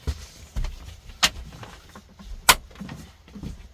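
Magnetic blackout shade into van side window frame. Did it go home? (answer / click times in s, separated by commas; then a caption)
yes / 2.5 s. A magnetic blackout shade is pressed into the side window frame of a camper van, where magnets hold it in place. Light handling and rustling come before a loud, sharp snap at 2.5 s as the shade seats against the frame. A few quieter taps and rustles follow.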